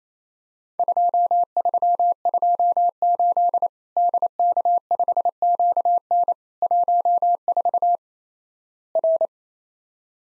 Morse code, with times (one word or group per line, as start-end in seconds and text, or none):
0.8-3.7 2328
4.0-6.3 DK5QN
6.6-8.0 14
9.0-9.3 R